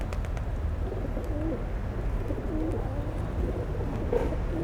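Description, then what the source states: Pigeons cooing quietly in short wavering phrases, with a few crisp clicks early on over a steady low hum. Pigeons feeding at Place Georges Clemenceau, Aix-les-Bains, France; recorded with a Zoom H4n Pro placed on the ground.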